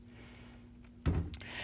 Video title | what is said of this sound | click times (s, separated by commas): Look Away Brandon Herrera - IWI Tavor SAR | let go it will lock in place | 1.1 s